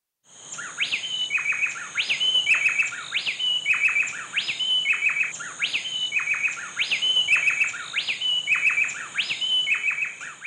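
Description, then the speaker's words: Bay wren duet: two birds alternate, rising whistled notes answered by clusters of quick descending chirps, the pattern repeating regularly amid a faint steady high hiss. Two bay wrens, female and male, doing a call and response. "Dr. Nigel Mann recorded these two bay wrens doing a little call and response."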